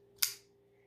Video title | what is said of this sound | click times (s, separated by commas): What's So Great About Flipper Knives? | the click of the knife into place there's there's generally two clicks and it's | 0.2 s